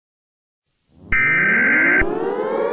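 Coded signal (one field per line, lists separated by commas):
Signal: Emergency Alert System (SAME) tones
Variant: header bursts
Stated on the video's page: Fictional nuclear attack EAS scenario using valid EAS tones.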